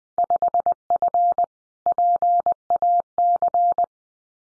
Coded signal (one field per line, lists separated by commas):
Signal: Morse code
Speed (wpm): 20 wpm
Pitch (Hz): 700 Hz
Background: none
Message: 5F PAC